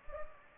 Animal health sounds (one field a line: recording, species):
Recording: mosquito wingbeat signal from an infrared sensor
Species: Anopheles gambiae